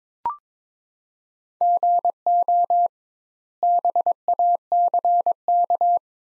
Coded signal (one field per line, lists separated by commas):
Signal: Morse code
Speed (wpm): 22 wpm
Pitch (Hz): 700 Hz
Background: none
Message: GO BACK